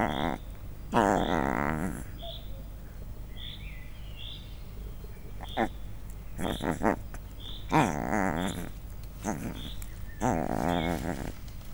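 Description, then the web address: Leopard cub giving harsh calls in several bursts separated by quiet gaps. Three-week-old cub recorded at a zoo in Miskolc, Hungary, in 2009, a few centimetres from the microphone. "allathangok miskolcizoo 2009 standardt leopard haromheteskolyokparcentireamikrofontol"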